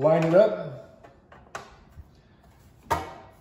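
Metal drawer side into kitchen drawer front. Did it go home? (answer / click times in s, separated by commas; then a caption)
no / none. Someone talks while lining up the second metal drawer side with a kitchen drawer front. Light knocks and taps are heard around 1.3, 1.6 and 2.0 seconds, then a sharper knock near 2.9 seconds. The part is still being handled and nothing has seated or clicked into place yet.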